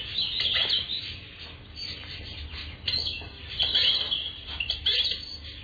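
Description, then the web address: Garden birds chirping and twittering, several high bright phrases overlapping throughout, over a faint low rumble. Assorted birds in a garden. "Sound Effects Special FX 2. Assorted Birds in Garden"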